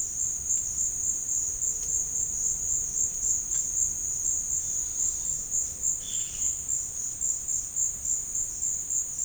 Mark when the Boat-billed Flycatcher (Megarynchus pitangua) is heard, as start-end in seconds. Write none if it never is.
4.73-6.54